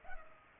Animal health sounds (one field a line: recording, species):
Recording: mosquito wingbeat signal from an infrared sensor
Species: Culex pipiens